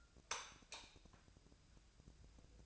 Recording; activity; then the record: daily activity, microphone in the room; light off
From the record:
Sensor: 2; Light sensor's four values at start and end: 33/87/37/40 and 29/73/31/35